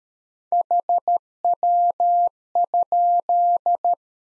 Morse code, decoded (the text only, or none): HW?